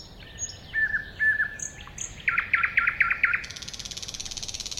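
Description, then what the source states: Thrush nightingale song with drawn-out whistled notes, then a run of sharp repeated chock notes followed by a harsh, fast rattle. Recorded at a woodland edge next to a lake in 2001.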